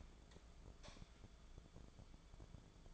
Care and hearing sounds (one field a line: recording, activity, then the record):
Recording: daily activity, microphone in the room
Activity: light on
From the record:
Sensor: 5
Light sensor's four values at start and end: 513/1316/543/614 and 514/1320/545/616